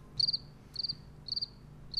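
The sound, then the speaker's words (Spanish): Crickets chirp in a steady, repeating rhythm, with four bright, high-pitched trilled bursts spaced about half a second apart over a faint low background hum. “Todas las noches, todo el día, también los grillos estos cantan todo el día y toda la noche.”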